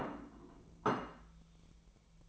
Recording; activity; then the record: daily activity, microphone in the room; place plate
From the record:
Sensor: 1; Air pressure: 1000.2 hPa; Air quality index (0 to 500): 145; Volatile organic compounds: 3 ppm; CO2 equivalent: 1362 ppm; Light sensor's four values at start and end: 29/72/31/37 and 29/72/31/37